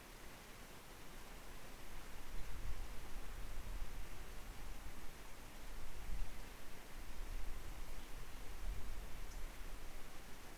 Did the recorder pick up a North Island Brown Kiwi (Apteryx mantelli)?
no